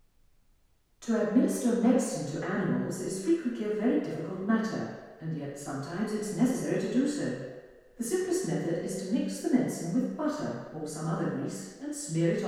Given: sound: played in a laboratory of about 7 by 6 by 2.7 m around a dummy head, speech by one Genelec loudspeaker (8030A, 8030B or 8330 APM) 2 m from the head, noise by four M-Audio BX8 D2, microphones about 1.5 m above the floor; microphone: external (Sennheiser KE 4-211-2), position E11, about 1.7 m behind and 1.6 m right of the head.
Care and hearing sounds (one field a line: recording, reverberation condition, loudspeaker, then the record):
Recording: female speech in English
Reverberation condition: high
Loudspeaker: 90 degrees to the left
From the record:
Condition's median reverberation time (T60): about 1300 ms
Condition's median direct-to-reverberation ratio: about -4.0 dB